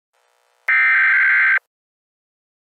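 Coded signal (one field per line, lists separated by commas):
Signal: Emergency Alert System (SAME) tones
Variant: header bursts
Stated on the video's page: Fictional EAS scenario made with PowerPoint.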